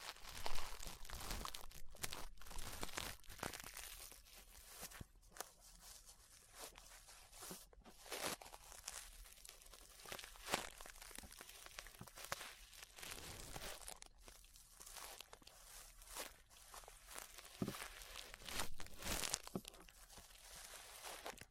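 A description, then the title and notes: Ear brushing fills the clip with dense, scratchy rustling that runs almost without pause. Short bright strokes and crinkly bursts come every second or so, with brief near-silent gaps around 2, 5 and 7.5 seconds, and a louder stroke near the start. ASMR Relaxing 3Dio Ear Brushing (No Talking).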